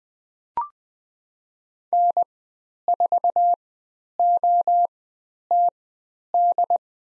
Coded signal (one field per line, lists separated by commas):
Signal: Morse code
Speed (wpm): 20 wpm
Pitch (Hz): 700 Hz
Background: none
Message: N4OTD